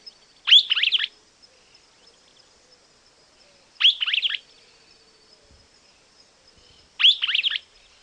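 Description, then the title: Streaked flycatcher repeating a squeaky, buzzy call phrase of rapid downslurred notes three times, roughly every three seconds, with a faint high steady background hum. Subspecies solitarius. "LuckyPassaro Completos2Sama. Streaked Flycatcher"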